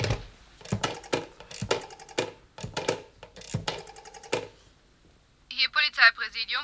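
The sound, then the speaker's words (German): A voice speaks for several seconds, then after a short pause a police chief inspector picks up a telephone and dials the police operations centre, with a quick run of bright, pulsing tones and clicks that grows louder at the end. “Ja, dort steht ja ein Telefon, Herr Chefkommissar. Vielleicht rufen Sie gleich die Zentrale an.”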